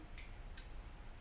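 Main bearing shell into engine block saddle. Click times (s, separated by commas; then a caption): 0.6 s. A clean, dry main bearing shell for a stock LS 4.8 bottom end is pushed by hand into the engine block saddle, metal to metal with no oil on its backside so it holds by friction fit and won't spin. A short, light metallic click at 0.6 s stands out over a steady low background hum as the shell's tang seats in the block.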